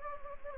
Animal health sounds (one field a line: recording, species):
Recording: mosquito wingbeat signal from an infrared sensor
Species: Anopheles gambiae